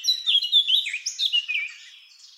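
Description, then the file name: Eurasian blackcap song, a brief burst of loud rich warbling notes fading away after about two seconds. "Sylvia atricapilla"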